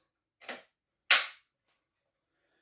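A backrest bracket is pushed into the seat frame of a mid-century chair after being released, and it locks into place with a sharp click at 1.1 seconds. A softer, shorter broadband noise comes first at about 0.4 to 0.65 seconds, and only faint traces follow the click. The backrest ends up seated and locked.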